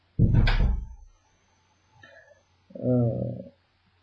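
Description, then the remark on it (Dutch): A door shuts with a heavy, booming thud, followed by a faint click and then a short, tonal creak or groan as it settles. “Doe maar deur dicht.”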